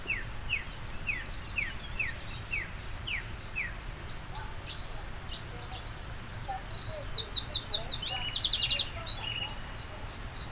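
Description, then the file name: Eurasian wren song: softer sliding high notes at first, then an energetic run of sharp, very high trills and rattles. "Troglodytes troglodytes"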